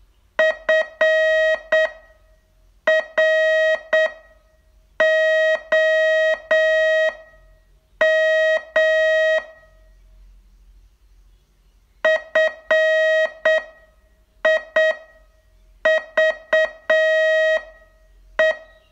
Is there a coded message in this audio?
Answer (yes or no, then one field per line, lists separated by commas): yes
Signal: Morse code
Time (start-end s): 0.4-18.5 s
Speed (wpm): 8 wpm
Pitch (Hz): 630 Hz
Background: music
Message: FROM FIVE